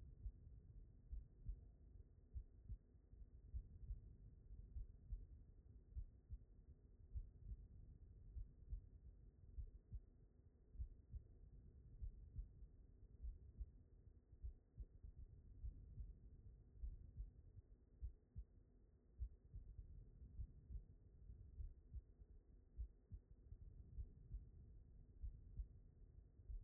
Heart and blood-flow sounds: heart sounds by stethoscope; aortic valve (AV)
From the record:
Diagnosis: non-HFrEF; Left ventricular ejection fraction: 62%

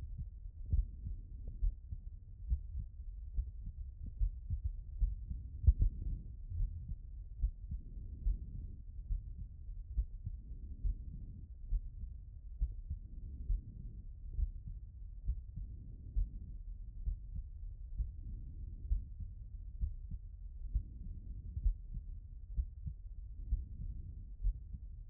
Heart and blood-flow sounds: heart sounds by stethoscope; aortic valve (AV)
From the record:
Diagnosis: non-HFrEF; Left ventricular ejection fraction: 60%

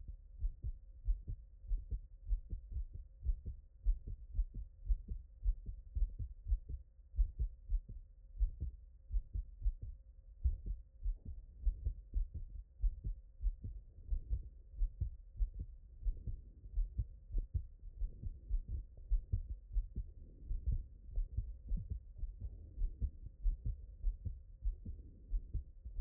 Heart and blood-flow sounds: heart sounds by stethoscope; tricuspid valve (TV)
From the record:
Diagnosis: HFrEF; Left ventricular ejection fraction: 35%

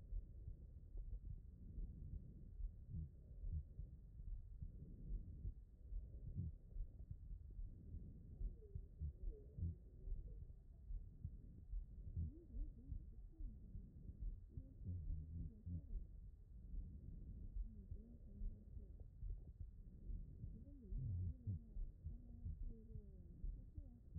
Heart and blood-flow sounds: heart sounds by stethoscope; pulmonary valve (PV)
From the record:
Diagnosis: non-HFrEF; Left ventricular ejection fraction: 64%

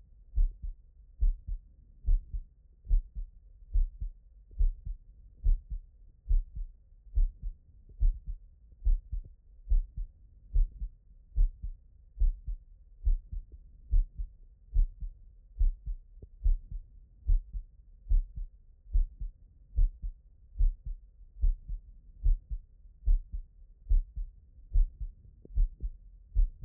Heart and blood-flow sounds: heart sounds by stethoscope; pulmonary valve (PV)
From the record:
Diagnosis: non-HFrEF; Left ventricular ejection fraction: 55%

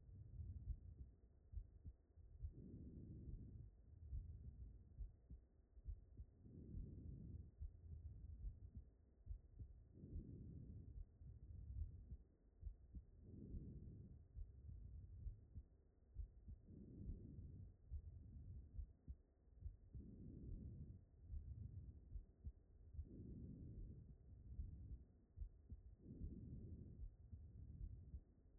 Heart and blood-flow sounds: heart sounds by stethoscope; aortic valve (AV)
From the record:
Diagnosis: non-HFrEF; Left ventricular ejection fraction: 71%

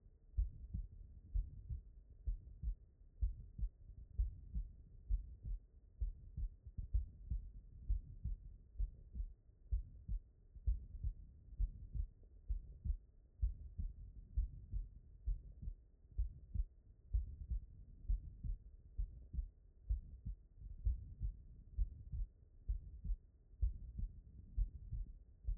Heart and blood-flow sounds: heart sounds by stethoscope; pulmonary valve (PV)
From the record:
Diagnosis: non-HFrEF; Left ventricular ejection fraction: 68%

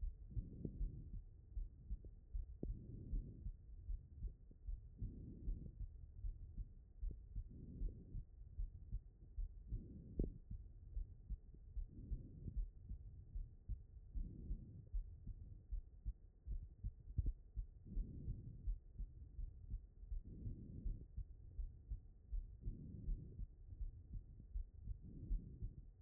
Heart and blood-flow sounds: heart sounds by stethoscope; aortic valve (AV)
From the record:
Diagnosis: non-HFrEF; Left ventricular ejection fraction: 60%

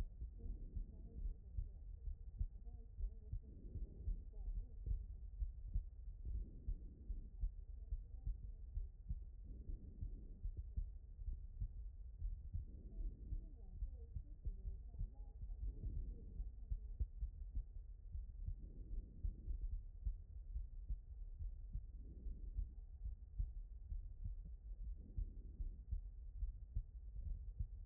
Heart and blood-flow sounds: heart sounds by stethoscope; aortic valve (AV)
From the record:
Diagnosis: non-HFrEF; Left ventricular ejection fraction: 45%

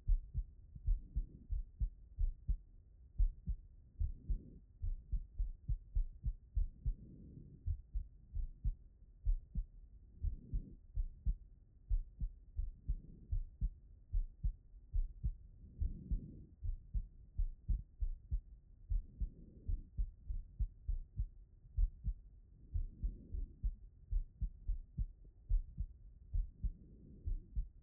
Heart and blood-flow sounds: heart sounds by stethoscope; pulmonary valve (PV)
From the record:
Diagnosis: non-HFrEF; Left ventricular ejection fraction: 67%

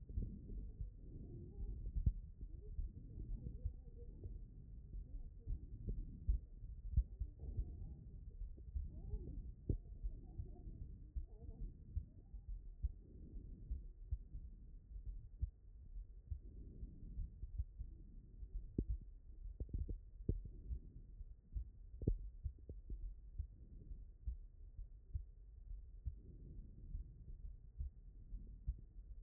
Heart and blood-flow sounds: heart sounds by stethoscope; aortic valve (AV)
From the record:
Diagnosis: HFrEF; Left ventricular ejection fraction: 29%

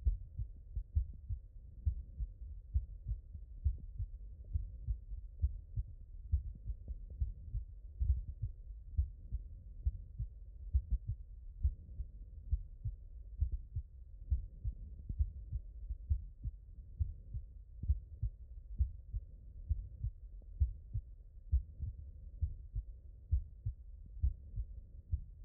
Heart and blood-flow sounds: heart sounds by stethoscope; mitral valve (MV)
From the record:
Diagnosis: non-HFrEF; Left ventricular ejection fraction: 66%

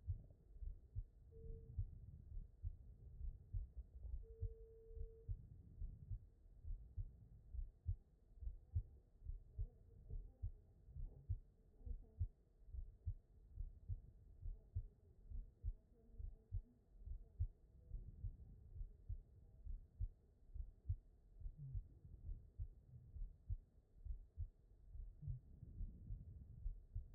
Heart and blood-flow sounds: heart sounds by stethoscope; aortic valve (AV)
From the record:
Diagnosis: non-HFrEF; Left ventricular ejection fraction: 55%

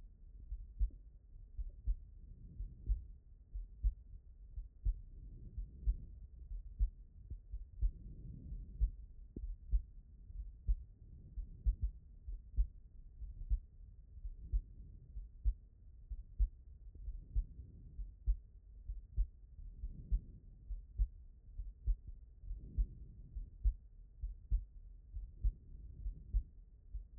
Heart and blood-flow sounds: heart sounds by stethoscope; aortic valve (AV)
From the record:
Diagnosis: non-HFrEF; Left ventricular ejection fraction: 62%

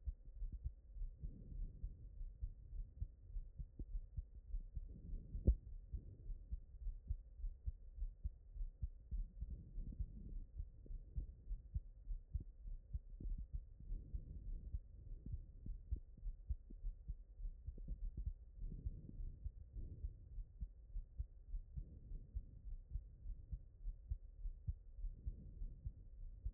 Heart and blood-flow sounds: heart sounds by stethoscope; aortic valve (AV)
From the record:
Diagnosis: non-HFrEF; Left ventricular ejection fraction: 70%

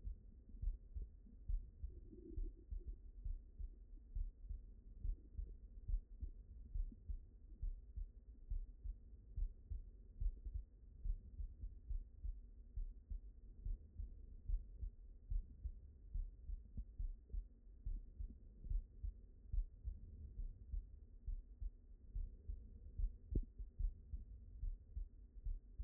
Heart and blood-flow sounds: heart sounds by stethoscope; mitral valve (MV)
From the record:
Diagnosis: non-HFrEF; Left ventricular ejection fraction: 63%

